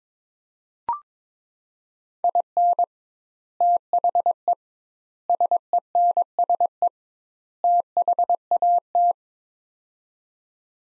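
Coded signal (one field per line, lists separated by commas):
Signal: Morse code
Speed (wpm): 21 wpm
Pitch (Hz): 700 Hz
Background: none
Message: IN THE SENSE THAT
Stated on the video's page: Morse practice drill of four-word sets at 22 wpm with 2x word spacing, a Farnsworth-like method applied to words.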